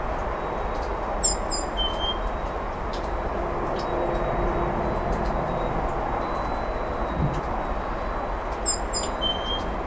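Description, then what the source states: Great tit song: two brief bursts of high paired notes dropping to a lower whistle, near the start and end, over a steady low rumble. Spring song recorded last Friday in a home yard; the bird sings rather cautiously, perhaps lazily.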